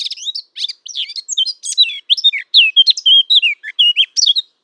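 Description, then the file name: Eurasian blackcap song, one continuous lively warble of quick twittering notes and clearer fluted whistles throughout nearly five seconds. "Sylvia atricapilla"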